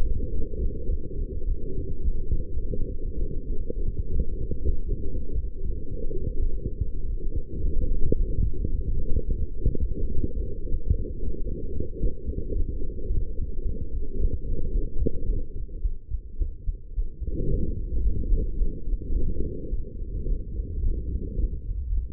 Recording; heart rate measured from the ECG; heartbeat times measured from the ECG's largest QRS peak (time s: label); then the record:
heart sounds by stethoscope; 108 bpm
0.29 s: heartbeat
0.86 s: heartbeat
1.44 s: heartbeat
2.01 s: heartbeat
2.58 s: heartbeat
3.15 s: heartbeat
3.73 s: heartbeat
4.30 s: heartbeat
4.86 s: heartbeat
5.41 s: heartbeat
5.96 s: heartbeat
6.51 s: heartbeat
7.06 s: heartbeat
7.61 s: heartbeat
8.17 s: heartbeat
8.72 s: heartbeat
9.26 s: heartbeat
9.80 s: heartbeat
10.34 s: heartbeat
10.88 s: heartbeat
11.43 s: heartbeat
11.98 s: heartbeat
12.53 s: heartbeat
13.07 s: heartbeat
13.62 s: heartbeat
14.17 s: heartbeat
14.72 s: heartbeat
15.26 s: heartbeat
15.81 s: heartbeat
16.38 s: heartbeat
16.94 s: heartbeat
17.49 s: heartbeat
18.04 s: heartbeat
18.58 s: heartbeat
19.13 s: heartbeat
19.70 s: heartbeat
20.26 s: heartbeat
20.81 s: heartbeat
21.36 s: heartbeat
21.89 s: heartbeat
From the record:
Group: healthy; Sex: female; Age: 19 years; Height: 163 cm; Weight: 51 kg